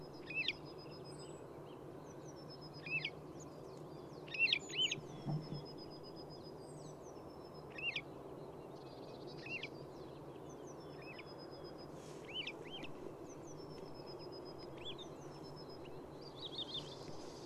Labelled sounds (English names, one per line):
Wood Lark